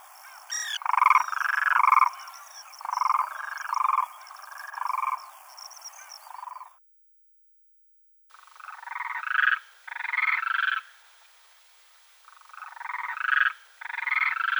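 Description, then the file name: Demoiselle crane giving a series of harsh, rolling croaks in short bursts, with a silent gap midway before further calls resume. "zhuravl krasavka golos"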